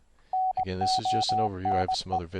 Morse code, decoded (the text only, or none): NONE